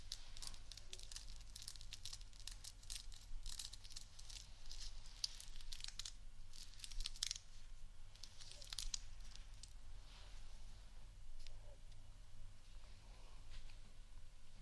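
Scratching and tapping on textured items fill the whole stretch with dense, irregular crisp bursts, brightest and busiest in the first half and around eight to nine seconds. Underneath, a steady low beat throbs continuously without letting up.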